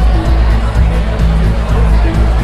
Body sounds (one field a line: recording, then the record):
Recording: background sound without coughing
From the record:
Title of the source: Party Noise 1 Hour Party Ambience